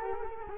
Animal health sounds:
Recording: mosquito wingbeat signal from an infrared sensor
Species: Culex quinquefasciatus

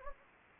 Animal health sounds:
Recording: mosquito wingbeat signal from an infrared sensor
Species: Anopheles gambiae

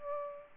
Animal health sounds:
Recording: mosquito wingbeat signal from an infrared sensor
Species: Aedes aegypti

